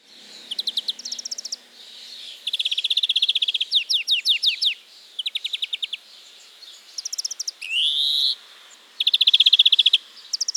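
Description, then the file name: European greenfinch song: rapid chirping trills in short bursts, then one drawn-out buzzy rising wheeze, followed by more trills. "Chloris chloris"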